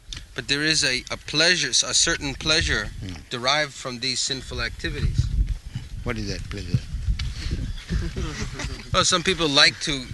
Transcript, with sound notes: But there is a pleasure, a certain pleasure derived from these sinful activities.
What is that pleasure? [laughter]
Well, some people like to...